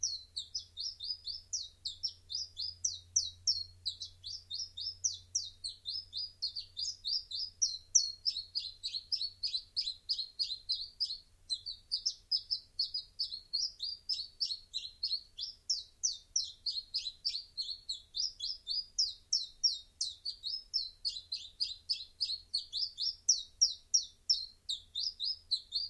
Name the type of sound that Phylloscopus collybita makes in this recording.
song